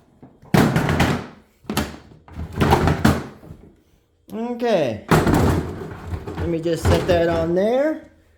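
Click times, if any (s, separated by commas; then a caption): none. A plastic Ryobi LINK stacking tool box is handled and set on top of another stacking base box, making a series of hollow thunks and knocks between about 0.9 and 3.1 seconds while someone talks. The stacking latch has not clicked in yet; nothing has seated.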